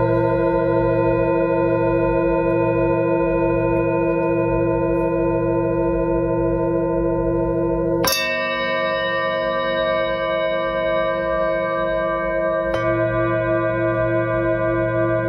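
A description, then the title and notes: Tibetan singing bowls ring in a steady, layered drone, their long tones overlapping and shimmering with a slow beating pulse. A fresh strike lands around eight seconds, brightening the sound, and another softer strike follows near thirteen seconds as the ringing continues evenly. Here I play three Tibetan Singing Bowls.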